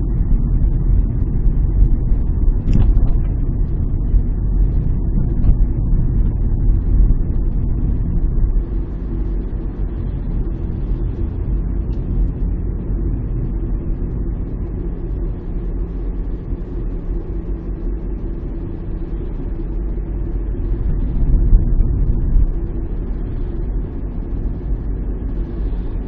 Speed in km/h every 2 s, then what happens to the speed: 34, 34, 35, 35, 35, 36, 34, 34, 34, 36, 36, 37, 37.
0-26 steady at about 35.